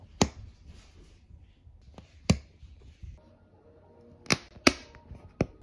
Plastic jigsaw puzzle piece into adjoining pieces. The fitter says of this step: it was just fantastic to hear that snapping goodness I mean just listen to this little snapping montage that's